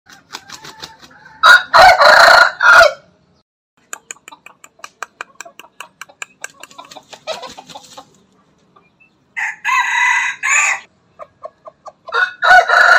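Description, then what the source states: Chicken: rooster crows repeatedly, three loud hoarse crows spaced several seconds apart, with quick ticking clucks between them. Bangkok rooster crowing.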